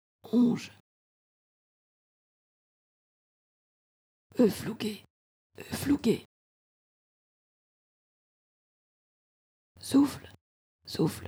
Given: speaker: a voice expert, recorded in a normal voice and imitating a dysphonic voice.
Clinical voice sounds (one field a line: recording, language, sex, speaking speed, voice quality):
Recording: pseudo-word pairs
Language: French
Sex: female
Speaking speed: fast speed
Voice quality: dysphonic voice